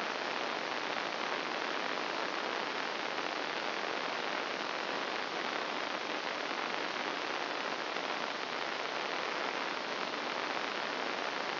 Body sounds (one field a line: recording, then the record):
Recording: brain microelectrode recording played as sound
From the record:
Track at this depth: inside the subthalamic nucleus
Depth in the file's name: 0.209 mm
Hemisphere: right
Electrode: 2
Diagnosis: Parkinson's disease